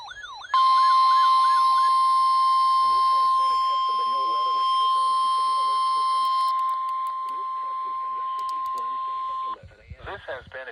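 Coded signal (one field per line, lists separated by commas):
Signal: Emergency Alert System (SAME) tones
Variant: 1050 Hz attention tone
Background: speech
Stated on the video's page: Required Weekly Tests received off two weather radio stations.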